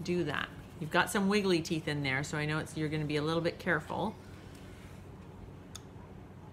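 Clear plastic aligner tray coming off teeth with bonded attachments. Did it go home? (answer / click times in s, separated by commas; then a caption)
released / 5.8 s. Someone talks for about four seconds while a clear plastic aligner tray is being removed from teeth fitted with small bonded attachment bumps. After a quiet pause, the tray pops off the attachments with a small, sharp click at 5.8 s, and the tray is released.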